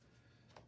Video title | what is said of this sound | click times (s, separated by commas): Modifying our old Tucker Gold Pole | boom, right in, locks into place. | 0.6 s